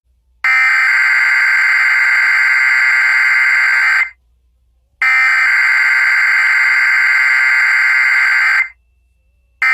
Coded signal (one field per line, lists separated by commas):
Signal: Emergency Alert System (SAME) tones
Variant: header bursts